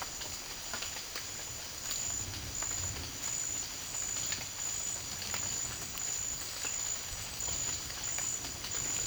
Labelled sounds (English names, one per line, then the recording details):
none
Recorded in dense forest near Puerto Asís, Putumayo, Colombia, on 9 March 2025 at 12:30
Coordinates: 0.481, -76.323
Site G088